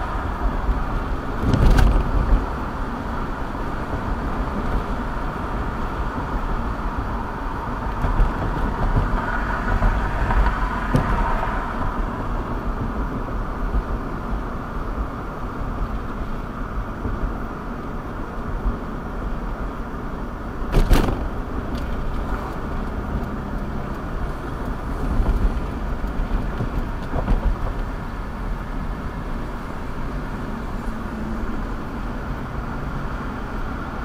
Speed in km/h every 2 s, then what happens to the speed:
55, 58, 61, 63, 61, 60, 58, 55, 56, 56, 56, 56, 58, 60, 60, 58, 58.
0-5 speeds up to 63. 5-14 slows to 55. 14-34 steady at about 56.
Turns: none.